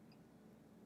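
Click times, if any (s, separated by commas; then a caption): none. A crimped metal wire pin on a repaired frayed wire end is being handled and pushed into a plastic connector housing. Only a steady low hum and faint noise are heard, with no distinct click. The pin is not yet home, and nothing has seated or clicked yet.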